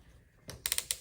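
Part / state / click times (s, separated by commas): drill bit in a keyless drill chuck / torque reached / 0.5 s, 0.7 s, 0.8 s, 0.9 s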